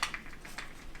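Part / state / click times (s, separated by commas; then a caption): plastic model part into robot model frame / not seated / none. A plastic part of the R2-D2 model kit is lined up and pushed onto its mating piece in the robot model frame, giving light tapping and handling sounds with short sharp knocks at about 0.0, 0.1 and 0.6 seconds. Nothing has seated or clicked into place yet.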